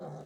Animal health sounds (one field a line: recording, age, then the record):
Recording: pig call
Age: piglet (1 to 25 days)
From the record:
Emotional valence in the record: negative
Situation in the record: long isolation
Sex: male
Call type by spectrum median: low-frequency call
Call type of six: low-frequency stable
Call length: 0.26 s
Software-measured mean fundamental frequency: 52 Hz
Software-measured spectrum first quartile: 188 Hz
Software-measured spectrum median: 412 Hz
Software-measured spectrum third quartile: 651 Hz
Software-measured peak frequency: 512 Hz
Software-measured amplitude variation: 74 dB a second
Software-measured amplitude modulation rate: 27.3 a second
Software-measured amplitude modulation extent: 2.7 dB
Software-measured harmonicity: 1.0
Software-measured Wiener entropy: -0.08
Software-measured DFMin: 1128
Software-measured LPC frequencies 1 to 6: 612, 3966, 5009, 6045, 8061, 9037 Hz